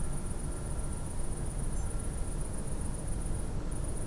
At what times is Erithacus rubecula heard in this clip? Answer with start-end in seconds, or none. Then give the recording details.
1.75-1.85. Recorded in France